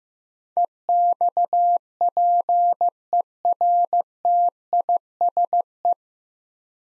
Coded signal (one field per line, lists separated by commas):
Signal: Morse code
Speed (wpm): 15 wpm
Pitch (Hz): 700 Hz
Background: none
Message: EXPERTISE